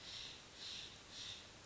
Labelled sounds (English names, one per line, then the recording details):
Steller's Jay
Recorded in Sonoma County, California